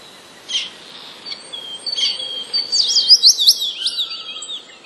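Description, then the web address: Common starling singing a varied phrase of thin high whistles, buzzy notes and a fast rattling run of sliding chirps, growing busier toward the end. Starling song containing borrowings imitating sparrows. "wroblowe zapozyczenia szpaki"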